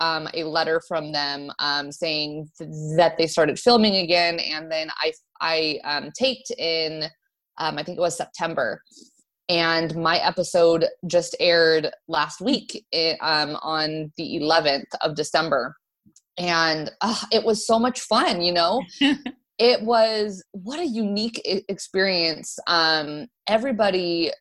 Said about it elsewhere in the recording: I was obviously concerned about my speech, and I went back and forth on if I should tell them, like, hey, I stutter.